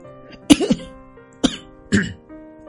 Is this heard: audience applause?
no